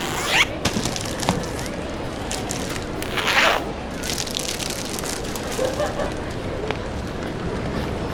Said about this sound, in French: Ah, j'adore ce temps. La pluie nous révèle beaucoup sur le monde qui nous entoure.